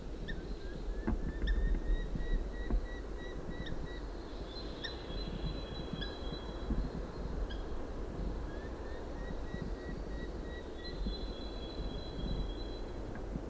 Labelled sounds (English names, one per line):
Eurasian Hobby call